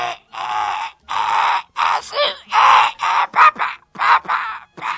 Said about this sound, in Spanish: Creo que tenemos una comunicación con el loro, ¿puede ser?